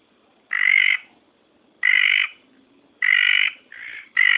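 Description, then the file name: Red tree frog calling: loud buzzy, nasal notes about half a second long, repeated irregularly with short pauses, the last three close together. "litoria rubella"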